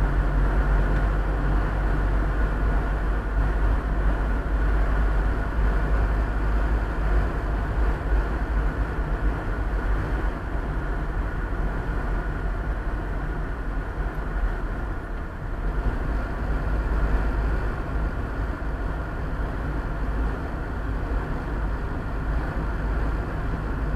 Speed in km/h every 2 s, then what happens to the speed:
46, 47, 49, 49, 48, 47, 43, 41, 41, 41, 41, 42.
0-7 steady at about 47. 7-14 slows to 41. 14-24 steady at about 41.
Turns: none.